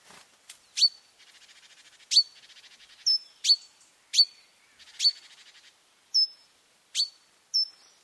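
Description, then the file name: Great tit calls: a string of sharp, high chip notes roughly every second, with softer pulsed churring between several of them. "Parus major"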